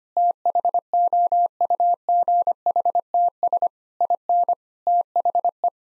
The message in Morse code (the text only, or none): THOUGHTS IN THE